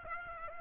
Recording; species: mosquito wingbeat signal from an infrared sensor; Aedes aegypti